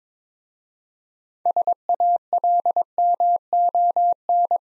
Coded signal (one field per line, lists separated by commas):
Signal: Morse code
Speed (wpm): 22 wpm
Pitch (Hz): 700 Hz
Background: none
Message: SALMON